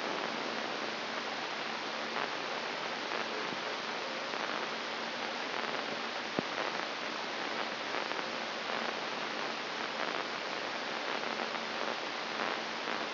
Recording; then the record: brain microelectrode recording played as sound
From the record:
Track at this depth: inside the subthalamic nucleus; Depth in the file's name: 2.546 mm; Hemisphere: right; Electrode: 3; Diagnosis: Parkinson's disease